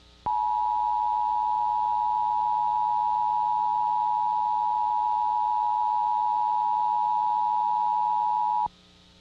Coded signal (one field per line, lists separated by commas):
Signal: Emergency Alert System (SAME) tones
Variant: 853 and 960 Hz attention tone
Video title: LOGO HISTORY #501 - Xerox, Sky Uno, Sky TG24 & Emergency Alert System